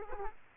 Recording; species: mosquito wingbeat signal from an infrared sensor; Aedes aegypti